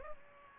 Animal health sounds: mosquito wingbeat signal from an infrared sensor; Aedes aegypti

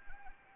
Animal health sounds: mosquito wingbeat signal from an infrared sensor; Anopheles arabiensis

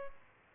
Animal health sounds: mosquito wingbeat signal from an infrared sensor; Aedes albopictus

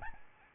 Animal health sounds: mosquito wingbeat signal from an infrared sensor; Aedes albopictus

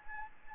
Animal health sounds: mosquito wingbeat signal from an infrared sensor; Anopheles arabiensis

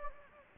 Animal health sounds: mosquito wingbeat signal from an infrared sensor; Anopheles gambiae

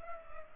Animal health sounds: mosquito wingbeat signal from an infrared sensor; Culex pipiens

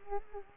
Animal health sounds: mosquito wingbeat signal from an infrared sensor; Culex quinquefasciatus

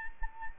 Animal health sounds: mosquito wingbeat signal from an infrared sensor; Anopheles arabiensis

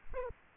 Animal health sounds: mosquito wingbeat signal from an infrared sensor; Aedes aegypti

